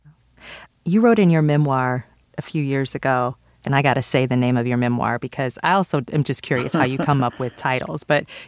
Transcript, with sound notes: You wrote in your memoir a few years ago - and I got to say the name of your memoir, because I also am just curious...
(Laughter).
...How you come up with titles,